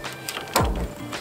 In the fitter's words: just going to lift up and get the height of the tent raised all the way up until it snaps into the locking place